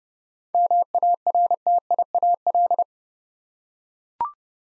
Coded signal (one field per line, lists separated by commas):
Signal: Morse code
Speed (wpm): 28 wpm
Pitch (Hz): 700 Hz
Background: none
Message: MARTIAL